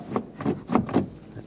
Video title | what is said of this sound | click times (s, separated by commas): How to Replace Rear Exterior Door Handles 2011-2018 Ram 1500 | and lock it in place make sure it clicks in on both sides that's | 0.2 s, 0.8 s